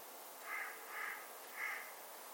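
Bird giving three soft, rough, short caws over strong steady hiss.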